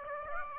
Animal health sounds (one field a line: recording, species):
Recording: mosquito wingbeat signal from an infrared sensor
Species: Aedes aegypti